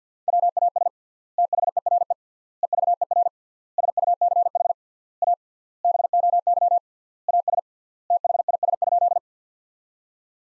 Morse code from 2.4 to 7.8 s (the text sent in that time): EVER SUCH A BOY AS